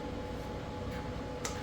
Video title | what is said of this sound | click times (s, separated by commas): YakAttack CellBlok and SwitchBlade Transducer Arm Installation | That just snaps on. | 1.4 s